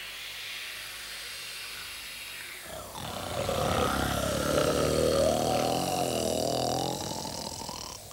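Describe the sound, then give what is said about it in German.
A sleeping king lying in damp grass gives a single long, rumbling snore that swells up after a quiet start, a raspy, throaty drone that holds loudly for a few seconds before tapering off. “Nur der schwarze König schnarcht.”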